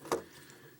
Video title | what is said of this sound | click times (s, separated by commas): DOTM Deluxe ROADBUSTER | make just push on the waist piece. Make sure everything locks into place | 0.1 s